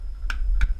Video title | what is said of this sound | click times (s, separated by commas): Part 2 of Dell take apart | You just push down until it snaps, | 0.3 s, 0.6 s